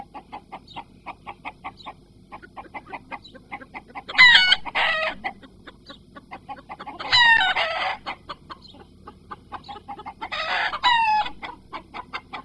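Chickens clucking steadily in short repeated notes, broken by three loud, harsh rooster crows, each lasting about a second, over a low background hum.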